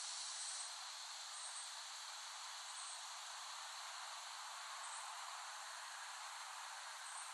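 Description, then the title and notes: Cicadas in a steady, unbroken hissing drone, high and even throughout, with faint brief chirps now and then above it. Cicadas in West Brighton, Staten Island, late summer 2008. "Dronecast. The Cicadas of Summer. Recording of cicadas made by Dan Bodah in West Brighton, Staten Island, late summer 2008"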